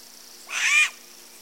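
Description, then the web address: Striped owl giving a single harsh, rasping squeal about half a second long, with a slightly arched tone, over a faint steady hum. Recorded in the eastern lowlands of South America. "Natures Songs S America Eastern Lowlands. Striped Owl"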